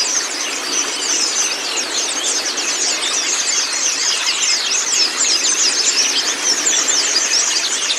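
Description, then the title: White-eye twittering: rapid high chirps packed thickly into an unbroken, busy stream. Training recording (masteran) of white-eye (pleci kacamata si putih) song, meant to get a silent (bisu) pleci singing constantly (gacor). "mster Mnuk. Terapi Pleci Bisu Menjadi Gacor Abis. Masteran Pleci Kacamata Si Putih"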